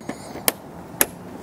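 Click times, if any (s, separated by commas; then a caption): 0.5 s, 1.0 s. Switchback cab roof marker light housings are pressed into the roof panel openings of a Silverado Duramax pickup until their plastic retaining clips lock in. After a soft faint knock at 0.1 s, two sharp, bright snaps ring out at 0.5 s and 1.0 s, and that snap marks the lights locking in. The lights are seated.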